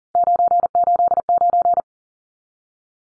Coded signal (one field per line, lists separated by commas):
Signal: Morse code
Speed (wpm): 40 wpm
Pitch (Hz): 700 Hz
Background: none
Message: 989